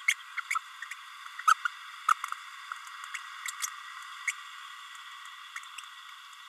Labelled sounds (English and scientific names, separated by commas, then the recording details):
Green-rumped Parrotlet (Forpus passerinus) babbling
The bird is a female
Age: 30 days
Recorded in a nest box in Venezuela
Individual 17B32A7